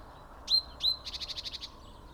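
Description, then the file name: Great tit calling: two sharp, high ringing notes followed by a quick buzzy chatter of about eight rapid pulses, over low background noise. "Parus major"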